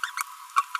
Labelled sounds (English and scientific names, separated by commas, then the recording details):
Green-rumped Parrotlet (Forpus passerinus) babbling
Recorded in a nest box in Venezuela
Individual 18B25A4